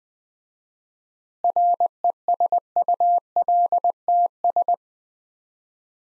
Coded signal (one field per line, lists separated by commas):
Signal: Morse code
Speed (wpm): 20 wpm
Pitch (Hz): 700 Hz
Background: none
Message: RESULTS